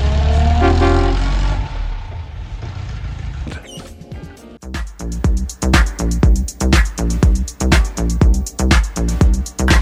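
A car engine rumbles and roars for about four seconds as it starts and pulls away, then a steady, pulsing electronic beat with a low repeating bass line takes over.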